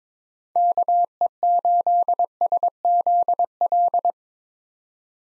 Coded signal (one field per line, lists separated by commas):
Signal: Morse code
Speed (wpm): 22 wpm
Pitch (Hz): 700 Hz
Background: none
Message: KE8SZL